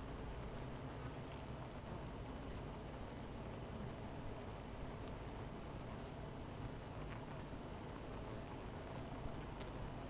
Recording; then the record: honeybee colony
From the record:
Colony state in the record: missing queen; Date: 14 July 2017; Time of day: 17:33